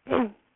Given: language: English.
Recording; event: throat vibration sensor signal played as sound; throat clearing